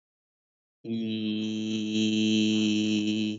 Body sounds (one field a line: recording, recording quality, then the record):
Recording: sustained vowel as in beet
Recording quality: excellent, no background noise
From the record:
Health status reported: recovered from COVID-19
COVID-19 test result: positive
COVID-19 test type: RT-PCR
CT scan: not taken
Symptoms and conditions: cold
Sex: male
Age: 20 years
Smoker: no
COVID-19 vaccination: one dose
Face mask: worn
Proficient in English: yes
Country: India